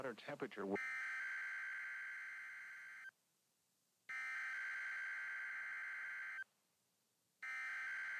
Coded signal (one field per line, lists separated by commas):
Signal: Emergency Alert System (SAME) tones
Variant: header bursts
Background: speech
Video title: Required Weekly Test (EAS #60)